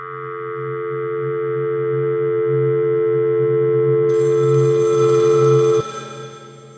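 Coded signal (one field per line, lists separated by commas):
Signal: telephone call progress tone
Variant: North America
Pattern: dial tone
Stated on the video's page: Fictional audio drama with sound design, not a real telephone signal.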